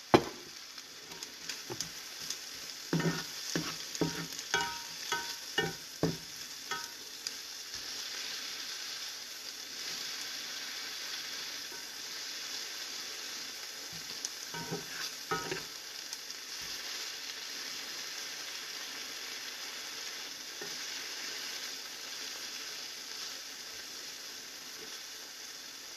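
Eggs and bell peppers fry with a steady bright sizzle, while clattering stirs and scrapes cluster in the first seven seconds and near fifteen.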